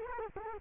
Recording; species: mosquito wingbeat signal from an infrared sensor; Culex quinquefasciatus